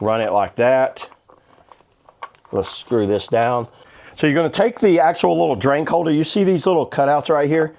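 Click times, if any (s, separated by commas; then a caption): none. Someone talks while handling a small plastic drink holder for a Viozon pillow laptop/tablet/phone holder, about to fit it into the little cutouts on the pillow stand's accessory arm. A few faint taps and handling noises come in a pause between about 1.3 and 2.4 seconds, the loudest near 2.2 seconds. The clip ends before the drink holder goes home, so nothing has seated or clicked yet.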